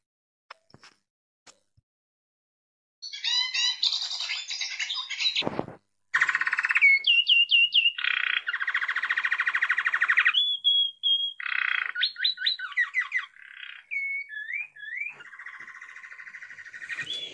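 A saffron finch sings a long, varied song of bright high chirps, buzzy trills and quick rising whistles, delivered in loud bursts with brief pauses between phrases, with no talking.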